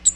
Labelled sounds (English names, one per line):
Cape May Warbler flight call